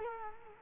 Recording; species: mosquito wingbeat signal from an infrared sensor; Culex quinquefasciatus